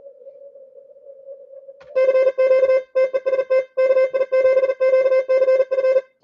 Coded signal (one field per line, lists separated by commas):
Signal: Morse code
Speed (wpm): 38 wpm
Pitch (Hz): 2600 Hz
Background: none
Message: CQ TEST KI7QCF